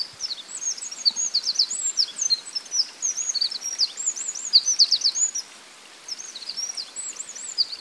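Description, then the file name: Eurasian wren singing a fast, high-pitched torrent of trills and sharp notes, nearly continuous with one brief gap, over faint background hiss. "Troglodytes troglodytes"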